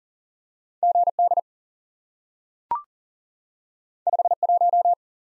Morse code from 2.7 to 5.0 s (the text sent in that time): 5 1